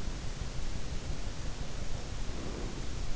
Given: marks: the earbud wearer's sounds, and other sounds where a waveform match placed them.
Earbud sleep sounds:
sounds in sleep by an in-ear microphone; breath
1.45-3.10 s: breath

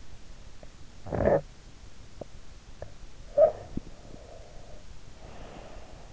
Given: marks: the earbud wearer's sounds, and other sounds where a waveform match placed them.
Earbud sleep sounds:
sounds in sleep by an in-ear microphone; snoring breath, breath
0.56-3.80 s: snoring breath
3.80-5.99 s: breath

